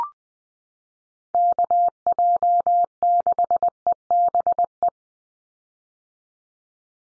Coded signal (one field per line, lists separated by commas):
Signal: Morse code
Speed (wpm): 20 wpm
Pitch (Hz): 700 Hz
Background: none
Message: KJ6EBE